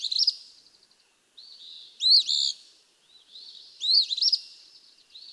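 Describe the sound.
Eastern Phoebe song: a fading stuttered opening, then two loud emphatic phrases, each preceded by a softer buzzy note.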